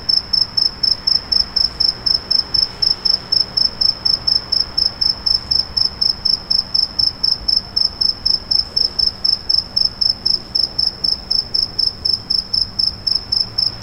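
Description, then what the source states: One cricket keeps up a shrill, evenly spaced chirp, roughly four pulses a second without pause, with a soft low hum underneath. A single cricket.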